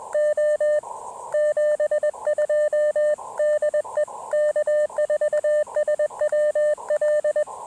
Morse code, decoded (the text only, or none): O 72 DE K4SWL